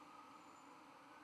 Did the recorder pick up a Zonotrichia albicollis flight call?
no